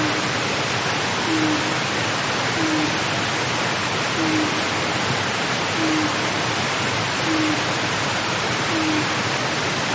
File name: mizogoi